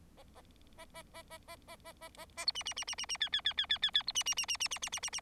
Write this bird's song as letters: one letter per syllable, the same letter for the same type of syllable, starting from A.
A A A A A A A A A A B C C C C C C D D D D D D D B C C C C C C C C C C